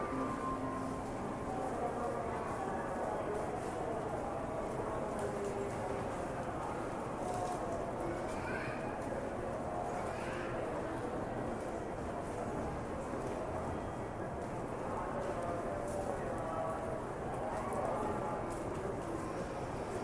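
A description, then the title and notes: A busy train station hums with steady overlapping chatter and a low rail rumble, with brief brighter squeals around eight and ten seconds. It is a recording of a busy train station. You can hear the hustle and bustle of the station, people talking, trains coming and going, and other ambient noise. BUSY TRAIN STATION AMBIENT SOUNDS.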